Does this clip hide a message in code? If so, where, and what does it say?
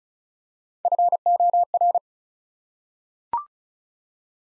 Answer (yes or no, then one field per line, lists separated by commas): yes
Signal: Morse code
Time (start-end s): 0.8-2.0 s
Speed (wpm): 36 wpm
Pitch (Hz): 700 Hz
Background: none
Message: FOR